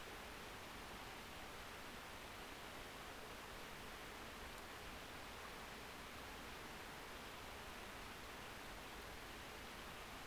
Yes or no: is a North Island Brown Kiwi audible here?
no